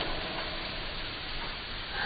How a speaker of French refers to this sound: Akhi, il faut fermer la fenêtre parce que je pense que la pluie est en train de tomber sur ma tête. Non, mais peut-être pas toutes les fenêtres, mais... Ouais, c'est ça. Il pleut fort, hein?